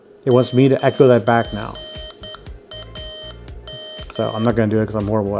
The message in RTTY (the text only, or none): none